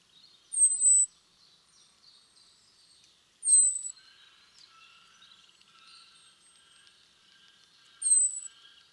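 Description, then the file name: European robin repeating a very high, thin, slightly descending whistle three times at irregular intervals, with soft twittering and chirps in the background. "Erithacus rubecula"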